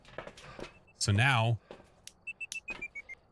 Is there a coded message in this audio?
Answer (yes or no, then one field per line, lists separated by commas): no